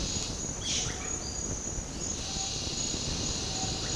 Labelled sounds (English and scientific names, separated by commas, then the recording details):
Yellow-rumped Cacique (Cacicus cela)
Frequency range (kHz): Yellow-rumped Cacique (Cacicus cela) 1.6-10.9 kHz
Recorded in dense forest near Puerto Asís, Putumayo, Colombia, on 18 February 2024 at 09:00
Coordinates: 0.503, -76.322
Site G6418